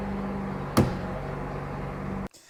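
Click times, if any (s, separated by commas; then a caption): 0.8 s. A spring-loaded metal plunger, the four-wheel-steering alignment pin threaded into a bolt on a 1989 Honda Prelude, drops into the centering hole of the rear steering rack as the steering wheel is turned. Over a steady low hum, a single sharp pop is heard at 0.8 s. It confirms the pin has seated and the rear rack is centered.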